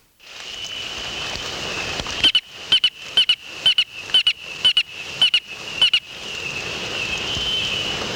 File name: Austrochaperina robusta